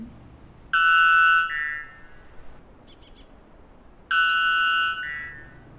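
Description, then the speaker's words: White bellbird singing: two loud, ringing metallic bong notes a few seconds apart, each dropping in pitch partway through, with faint chirps between them. Male's usual song type one, sung from an exposed bare branch at the treetops; Brazilian Amazon, 3,000 feet above sea level. "He has a song type that we call type one. It goes, bong, bong."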